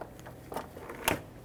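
A plastic wiring harness connector is pushed onto the washer pump on the washer fluid reservoir of a 2000-2005 Ford Excursion, with faint handling rustles and soft knocks leading up to it. A sharp, bright click at 1.1 s marks the connector seating fully into the pump.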